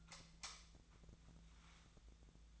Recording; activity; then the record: daily activity, microphone in the room; light off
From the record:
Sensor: 3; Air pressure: 1009.8 hPa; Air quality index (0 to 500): 191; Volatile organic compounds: 15 ppm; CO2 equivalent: 2486 ppm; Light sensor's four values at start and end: 43/114/48/49 and 36/91/39/41